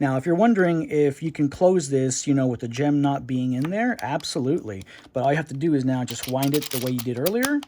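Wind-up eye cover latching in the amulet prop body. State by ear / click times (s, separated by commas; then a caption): not seated / none. Someone talks throughout while handling the empty Marvel Legends Eye of Agamotto prop replica, with its gem removed, about to wind the eye cover shut the way shown earlier. The wind-up eye cover has not latched into the amulet body yet, and nothing has clicked or seated by the end of the clip.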